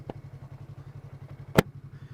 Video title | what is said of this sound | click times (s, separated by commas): The VARIANT FINALLY gets an UPGRADE! - Icon Variant Pro Helmet Review | is the visor and the clicks listen to this | 0.1 s, 1.6 s